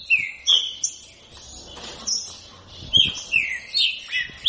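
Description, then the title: Green-winged saltator song: sweet whistled slurs in short phrases with a quieter gap midway, high chirping notes alongside. Captive-bred bird; song style called voice 07 (Voz 07). "Trinca Ferro Atrevido Criatorio Virtude (Criado pelo Trincas da Garoa)"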